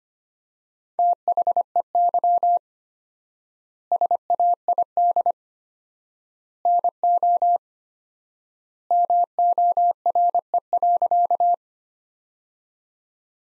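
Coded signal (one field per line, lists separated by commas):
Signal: Morse code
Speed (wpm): 25 wpm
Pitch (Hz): 700 Hz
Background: none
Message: THEY SAID NO MORE.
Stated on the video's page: Morse practice sentences from the top 100 words at 25 wpm, sent with 4x standard word spacing, a Farnsworth-like method.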